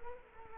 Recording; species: mosquito wingbeat signal from an infrared sensor; Culex quinquefasciatus